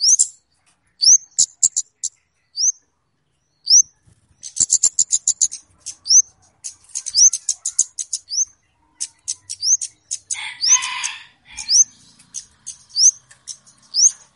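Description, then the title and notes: Flowerpecker chirping: sharp upward-sweeping high chips and clicky tick series, spaced irregularly, with a brief lower, noisy burst late. Clear recording used as a lure (pikat). "Kicau Burung Kemade ( Cabe Cabean) Jernih. Suara Burung Cabe Cabean Pikat"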